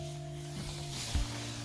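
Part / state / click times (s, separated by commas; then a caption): side rail into safety bed frame / not seated / none. A padded safety bed side rail is handled as it is raised into the bed frame, with steady music playing throughout and a brief low thump near 1.1–1.2 s. The clip ends before the rail locks into place, so nothing has seated or clicked yet.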